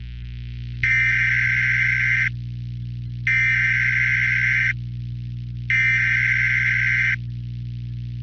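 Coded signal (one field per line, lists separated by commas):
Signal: Emergency Alert System (SAME) tones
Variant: header bursts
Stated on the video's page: Fictional zombie-virus EAS scenario in analog horror style, not a real alert.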